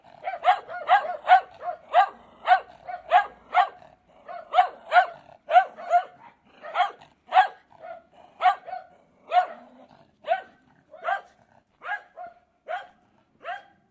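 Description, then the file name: Hound giving a steady run of many short barks and yelps, with brief breaks between bursts. "foul hounds"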